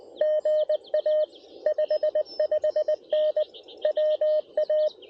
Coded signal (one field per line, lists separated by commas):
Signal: Morse code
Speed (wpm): 18 wpm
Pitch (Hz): 610 Hz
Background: none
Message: GA 55N WA